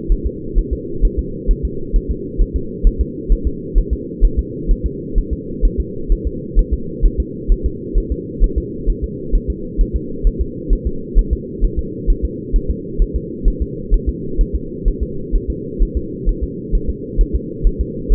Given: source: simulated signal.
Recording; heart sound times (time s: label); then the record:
fetal heart sounds
0.12 s: S1
0.27 s: S2
0.59 s: S1
0.73 s: S2
1.05 s: S1
1.19 s: S2
1.51 s: S1
1.65 s: S2
1.96 s: S1
2.11 s: S2
2.42 s: S1
2.56 s: S2
2.87 s: S1
3.01 s: S2
3.32 s: S1
3.47 s: S2
3.78 s: S1
3.93 s: S2
4.25 s: S1
4.39 s: S2
4.71 s: S1
4.86 s: S2
5.18 s: S1
5.33 s: S2
5.65 s: S1
5.80 s: S2
6.12 s: S1
6.27 s: S2
6.59 s: S1
6.74 s: S2
7.05 s: S1
7.20 s: S2
7.52 s: S1
7.66 s: S2
7.98 s: S1
8.12 s: S2
8.44 s: S1
8.58 s: S2
8.90 s: S1
9.04 s: S2
9.35 s: S1
9.50 s: S2
9.81 s: S1
9.96 s: S2
10.27 s: S1
10.41 s: S2
10.73 s: S1
10.87 s: S2
11.19 s: S1
11.33 s: S2
11.64 s: S1
11.79 s: S2
12.10 s: S1
12.25 s: S2
12.56 s: S1
12.71 s: S2
13.02 s: S1
13.16 s: S2
13.48 s: S1
13.62 s: S2
13.94 s: S1
14.09 s: S2
14.41 s: S1
14.55 s: S2
14.88 s: S1
15.03 s: S2
15.35 s: S1
15.50 s: S2
15.82 s: S1
15.97 s: S2
16.29 s: S1
16.44 s: S2
16.75 s: S1
16.90 s: S2
17.21 s: S1
17.35 s: S2
17.67 s: S1
17.81 s: S2
18.12 s: S1
From the record:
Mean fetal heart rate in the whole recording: 130 bpm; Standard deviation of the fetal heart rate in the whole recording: 2 bpm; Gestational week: 38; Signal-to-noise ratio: -4.3 dB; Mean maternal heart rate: 72 bpm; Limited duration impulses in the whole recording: absent